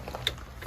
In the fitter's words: So as you can hear, that click indicates that this is torqued at 36 foot-pounds.